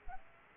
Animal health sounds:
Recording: mosquito wingbeat signal from an infrared sensor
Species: Aedes aegypti

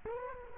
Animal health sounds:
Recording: mosquito wingbeat signal from an infrared sensor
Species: Culex quinquefasciatus

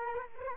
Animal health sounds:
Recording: mosquito wingbeat signal from an infrared sensor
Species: Culex quinquefasciatus

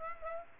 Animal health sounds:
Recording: mosquito wingbeat signal from an infrared sensor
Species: Aedes aegypti

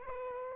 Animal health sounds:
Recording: mosquito wingbeat signal from an infrared sensor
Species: Aedes aegypti

